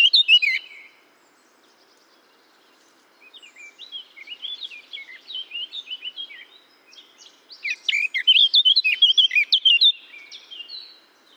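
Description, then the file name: Eurasian blackcap song: a brief opening phrase, a pause, then quiet twittering that swells into a loud, fast run of fluty whistled notes. "Sylvia atricapilla"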